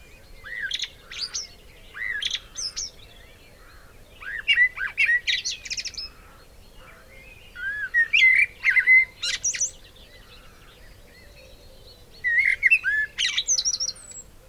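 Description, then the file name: Eurasian blackbird song: several separate phrases a few seconds apart, each a mellow whistle followed by a scratchy, high-pitched twitter. "Turdus merula"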